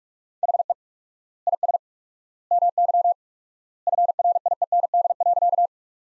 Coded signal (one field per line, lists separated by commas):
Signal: Morse code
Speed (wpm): 46 wpm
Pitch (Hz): 700 Hz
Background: none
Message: HE IS MY FRIEND.